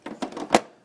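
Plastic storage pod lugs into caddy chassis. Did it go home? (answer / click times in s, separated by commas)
yes / 0.5 s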